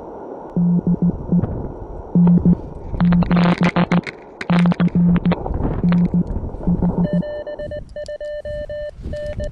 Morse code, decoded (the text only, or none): DE N7CNH